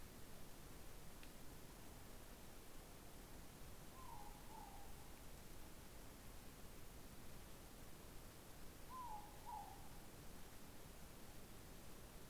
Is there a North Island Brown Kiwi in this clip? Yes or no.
no